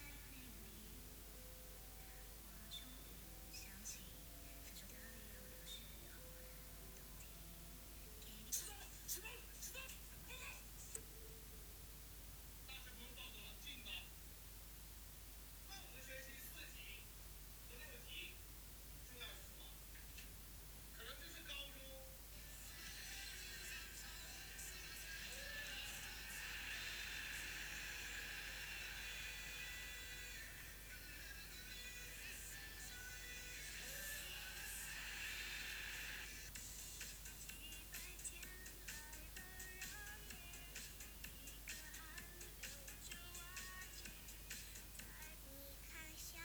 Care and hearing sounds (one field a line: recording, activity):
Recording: daily activity, guitar pickup as the sensor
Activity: browse video